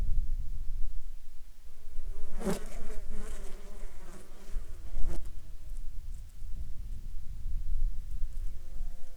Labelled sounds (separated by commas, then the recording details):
insects
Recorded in Ivvavik National Park, Yukon, on 27 June 2019 at 13:02
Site SINP03